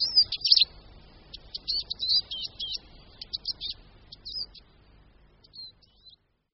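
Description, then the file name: Eurasian siskin twittering in quick high chirps and trills, louder at first, then scattered short bursts fading toward the end. "Čížek-lesní"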